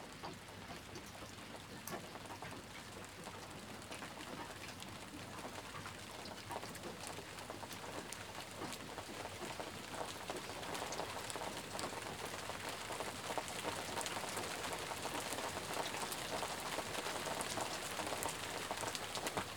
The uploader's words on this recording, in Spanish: Meditación con SONIDO de LLUVIA. Sonido de la lluvia.